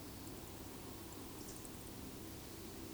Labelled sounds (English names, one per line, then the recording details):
Eurasian Woodcock whistle
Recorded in Baden-Württemberg, Germany, on 28 May 2020 at 19:57 UTC
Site 31917, 145 m above sea level